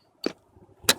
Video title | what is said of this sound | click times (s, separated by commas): Chevy Bolt EV Road Trip Parts North to Ventura (No EVgo?) | know why I'm recording this you can't see what I'm doing but you can hear the click ok | 0.9 s